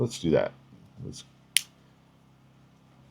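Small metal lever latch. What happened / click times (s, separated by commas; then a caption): A small lever latch clicks open, releasing its retaining bar / 1.6 s. Someone talks briefly, then pushes the small bar-lock release lever on a modular pocket multi-tool all the way back to open the retaining bar so a blade module can be removed. A sharp, snap-like click sounds at 1.6 s, and the retaining bar is released open.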